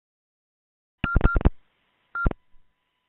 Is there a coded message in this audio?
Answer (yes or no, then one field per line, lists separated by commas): no